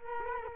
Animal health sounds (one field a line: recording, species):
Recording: mosquito wingbeat signal from an infrared sensor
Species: Culex quinquefasciatus